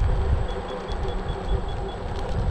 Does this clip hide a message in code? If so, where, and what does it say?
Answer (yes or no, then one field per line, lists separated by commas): no